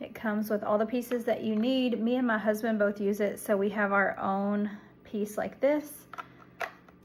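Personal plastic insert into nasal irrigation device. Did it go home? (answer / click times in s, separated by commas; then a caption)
yes / 6.6 s. Someone talks while holding a personal plastic piece for a nasal irrigation device, one of two since each user has their own. After the talking stops, a few small sharp knocks follow, and at 6.6 s the piece pops into place with a crisp click, seated.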